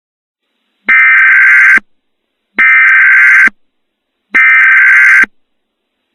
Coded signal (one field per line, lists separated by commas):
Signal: Emergency Alert System (SAME) tones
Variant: header bursts